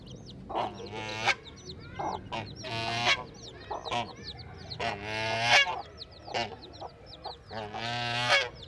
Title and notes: Parc Pierre Paulus, Saint-Gilles, Belgique - Poussins et oie - Chicks and goose. des poussins viennent de naître, et une oie souffle